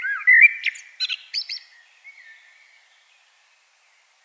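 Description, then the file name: Common blackbird song: short fluty notes followed by thin, scratchy high twittering, then quiet. "Turdus merula"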